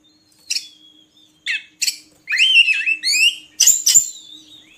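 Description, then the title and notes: Oriental magpie-robin phrases: a thin whistle, sharp clicks, then a string of rising buzzy slurs and loud snapping notes. Song for training birds to sing actively day and night. "Kacer Jadi Gacor Siang Malam. Isian Kacer Durasi Panjang"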